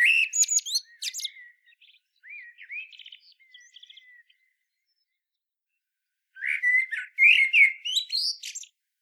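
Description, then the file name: Common blackbird song: a fluting phrase ending in high twittering, soft trailing notes, a pause of about two seconds, then another loud, mellow warbled phrase. "Turdus merula"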